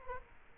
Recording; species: mosquito wingbeat signal from an infrared sensor; Culex quinquefasciatus